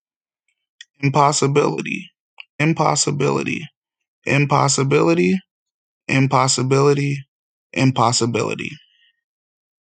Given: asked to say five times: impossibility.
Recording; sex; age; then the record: repeated word; male; 20 to 29 years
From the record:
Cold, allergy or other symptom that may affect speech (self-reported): no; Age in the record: 27 years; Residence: Ohio, United States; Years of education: 14